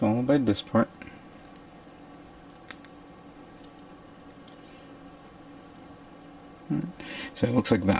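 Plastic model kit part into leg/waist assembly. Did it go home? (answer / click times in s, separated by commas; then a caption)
no / none. A plastic part of a 1/144 HG Age-1 Spallow Gundam model kit is handled near its leg/waist assembly while someone talks at the start and again near the end, with a quiet stretch in between broken by faint small ticks and one brief sharp tick around 2.7 s. Nothing has seated or snapped into place yet by the end of the clip.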